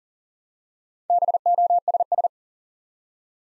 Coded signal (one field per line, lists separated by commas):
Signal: Morse code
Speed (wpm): 38 wpm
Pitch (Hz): 700 Hz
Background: none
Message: BOSS